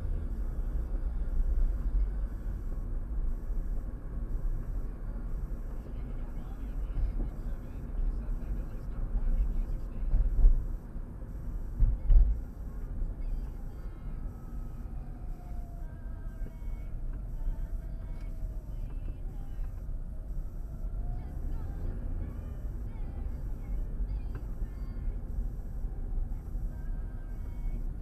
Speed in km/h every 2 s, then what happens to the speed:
42, 40, 40, 39, 39, 37, 32, 29, 24, 23, 24, 29, 31, 29.
0-9 steady at about 40. 9-18 slows to 23. 18-23 speeds up to 31.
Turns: none.